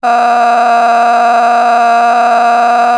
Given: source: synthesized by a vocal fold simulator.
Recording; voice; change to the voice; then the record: sustained vowel; female; a random mix of aspiration noise, stiffness perturbation and strain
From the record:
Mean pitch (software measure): 237 Hz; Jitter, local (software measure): 1.94%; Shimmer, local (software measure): 11.2%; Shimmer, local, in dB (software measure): 0.99 dB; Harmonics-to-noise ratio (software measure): 13.3 dB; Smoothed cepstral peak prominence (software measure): 14.1 dB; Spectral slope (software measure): -18.0 dB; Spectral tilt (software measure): -9.5 dB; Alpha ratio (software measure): -8.4 dB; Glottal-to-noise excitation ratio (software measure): 0.922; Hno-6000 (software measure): 1.9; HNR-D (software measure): 34.3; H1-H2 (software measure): -1.7 dB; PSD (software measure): 9.6e-05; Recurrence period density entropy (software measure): 0.119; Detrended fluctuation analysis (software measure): 0.0116